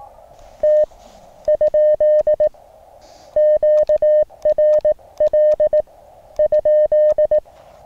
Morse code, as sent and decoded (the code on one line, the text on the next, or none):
- / ..--.. / --.- .-. .-.. / ..--..
T ? QRL ?